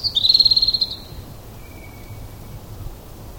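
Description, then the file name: European robin giving a thin, high drawn-out note with a rapid flutter, then a faint steady lower tone. "Erithacus rubecula"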